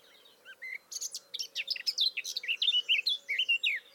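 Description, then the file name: Eurasian blackcap song, soft opening notes building into a rich run of varied whistled and warbled notes. "Sylvia atricapilla"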